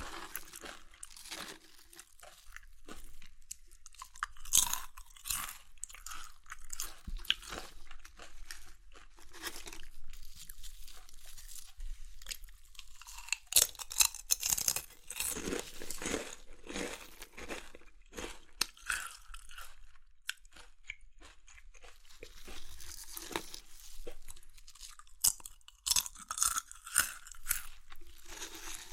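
Crunchy chips being crushed and eaten, with dense bursts of sharp, bright crackles throughout. The crunching comes in irregular clusters, busiest around the middle and again near the end, with brief quieter gaps between bites and a low, soft chewing underneath.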